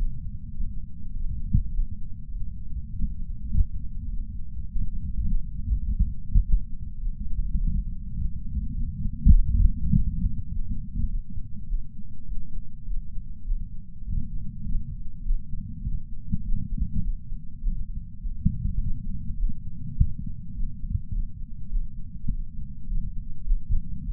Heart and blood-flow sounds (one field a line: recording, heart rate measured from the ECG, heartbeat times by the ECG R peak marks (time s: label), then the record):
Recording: heart sounds by patch sensor on the chest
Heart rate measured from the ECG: 102 bpm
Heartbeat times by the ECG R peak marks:
0.55 s: heartbeat
1.14 s: heartbeat
1.72 s: heartbeat
2.32 s: heartbeat
2.91 s: heartbeat
3.50 s: heartbeat
4.09 s: heartbeat
4.68 s: heartbeat
5.26 s: heartbeat
5.85 s: heartbeat
6.43 s: heartbeat
7.00 s: heartbeat
7.58 s: heartbeat
8.17 s: heartbeat
8.75 s: heartbeat
9.32 s: heartbeat
9.92 s: heartbeat
10.51 s: heartbeat
11.09 s: heartbeat
11.67 s: heartbeat
12.27 s: heartbeat
12.86 s: heartbeat
13.45 s: heartbeat
14.05 s: heartbeat
14.64 s: heartbeat
15.24 s: heartbeat
15.83 s: heartbeat
16.44 s: heartbeat
17.03 s: heartbeat
17.62 s: heartbeat
18.21 s: heartbeat
18.79 s: heartbeat
19.37 s: heartbeat
19.96 s: heartbeat
20.55 s: heartbeat
21.13 s: heartbeat
21.70 s: heartbeat
22.29 s: heartbeat
22.87 s: heartbeat
23.45 s: heartbeat
24.04 s: heartbeat
From the record:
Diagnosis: coronary artery disease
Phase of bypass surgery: postoperative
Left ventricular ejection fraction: 62.1%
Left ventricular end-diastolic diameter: 45 mm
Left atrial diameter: 33 mm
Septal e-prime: 6.9 cm/s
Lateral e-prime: 10.6 cm/s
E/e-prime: 10.6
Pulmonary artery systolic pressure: 22 mmHg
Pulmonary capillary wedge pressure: 8 mmHg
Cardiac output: 5.1 L/min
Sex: female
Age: 52 years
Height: 163 cm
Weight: 80 kg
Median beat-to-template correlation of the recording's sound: 0.72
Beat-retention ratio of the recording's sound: 0.98